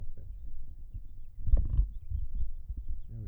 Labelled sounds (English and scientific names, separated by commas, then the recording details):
House Finch (Haemorhous mexicanus) song
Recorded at WGilgo Beach on Long Island, New York, on 22 May 1975
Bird A